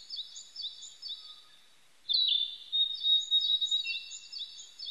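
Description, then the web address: Narcissus flycatcher: faint high twittering, then a loud sustained whistled phrase followed by rapid repeated high chirping notes. Recorded on 25 April 1998. "1998 980425 kibitaki"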